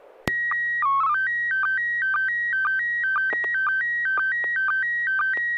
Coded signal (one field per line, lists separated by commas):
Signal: SSTV (slow-scan television)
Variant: PD 120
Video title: N6NA SSTV Net - 05/22/2024